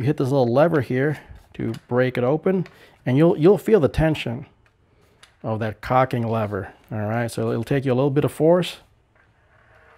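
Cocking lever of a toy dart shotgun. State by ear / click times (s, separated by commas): not seated / none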